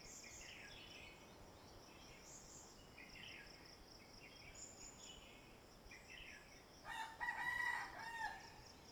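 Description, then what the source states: Rooster crow arriving near the end after several seconds of scattered bird chirps over a constant high insect drone; the crow is long and harmonic. Rooster heard at sunrise in the morning from a bamboo hut on Neil Island, Andaman, India, with birds in the background.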